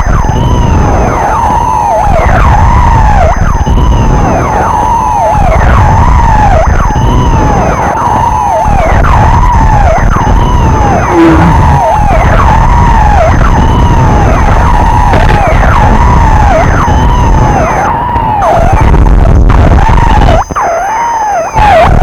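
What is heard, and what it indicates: Simulated tinnitus heard as bells: a steady high-pitched ringing tone over loud, repeating siren-like wailing sweeps.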